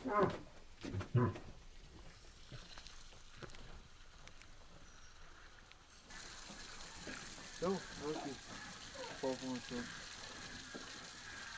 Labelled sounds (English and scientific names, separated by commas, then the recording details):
Moose (Alces alces) call
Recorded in captivity
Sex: female
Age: diverse
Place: Groß Schönebeck, Schorfheide, Brandenburg, DE
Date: 2007-10-02 14:26
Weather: overcast, ca 15°C, weak winds
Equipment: Sound Devices 702, Sennheiser MKH 70, Windkorb
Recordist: Frommolt, Karl-Heinz